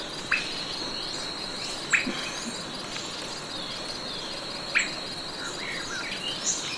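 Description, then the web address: Swainson's thrush calls: sharp, abrupt whit notes spaced a second or more apart, over a steady high insect drone and dense background hiss. Recorded in Ecuador. "Birds of Ecuador. Swainson's Thrush"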